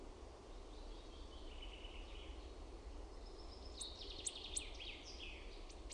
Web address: Linnut OMAT AANITYKSET SIRITTAJA